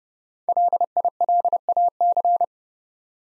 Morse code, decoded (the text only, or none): LILAC